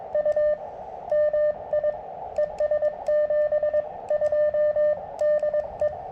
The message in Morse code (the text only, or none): U MI ES 72 DE